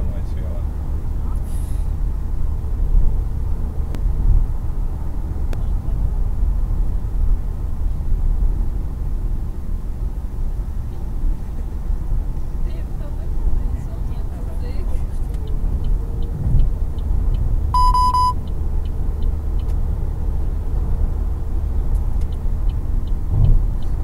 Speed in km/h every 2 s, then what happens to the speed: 96, 94, 94, 94, 92, 91, 90, 90, 92, 95, 98, 99.
0-14 steady at about 92. 14-24 speeds up to 99.